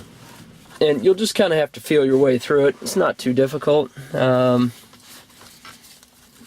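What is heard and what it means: A wiring harness plastic connector is lined up by feel behind the dash of a Honda Odyssey with the instrument cluster socket before being pushed home. Someone talks for most of the clip, and after the talk only faint contact sounds come through, with brief small sounds near 5.7 s and 6.0 s. The connector has not seated or clicked yet.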